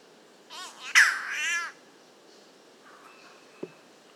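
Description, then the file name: Spotted catbird with a rough, nasal, cat-like wailing call that bends up and down, followed by quieter faint sounds and a brief tap. "Ailuroedus Maculosus"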